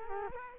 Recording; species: mosquito wingbeat signal from an infrared sensor; Culex quinquefasciatus